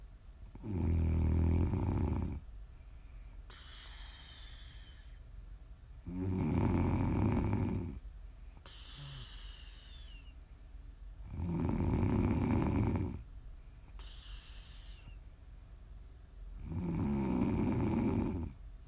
Prime ASMR snoring.